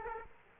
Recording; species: mosquito wingbeat signal from an infrared sensor; Aedes aegypti